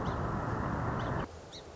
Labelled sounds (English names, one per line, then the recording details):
Song Sparrow
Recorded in Sonoma County, California